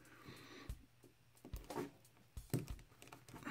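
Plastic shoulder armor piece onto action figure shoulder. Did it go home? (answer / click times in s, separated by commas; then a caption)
yes / 2.5 s. A plastic shoulder armor piece is pushed back onto the right shoulder of a Star Wars Black Series Elite Praetorian Guard action figure amid soft handling rustles. A sharp click at 2.5 s is the loudest sound, marking the armor seating on the shoulder.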